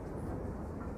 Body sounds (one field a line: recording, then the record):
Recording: background sound without coughing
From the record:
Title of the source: Train Ride Ambience ambient white noise for sleeping, focus, studying, reading